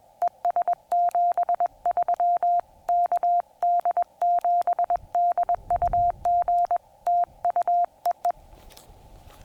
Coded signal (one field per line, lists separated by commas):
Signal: Morse code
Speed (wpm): 21 wpm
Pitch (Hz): 700 Hz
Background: none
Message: ES 73 KD7DUG TU EE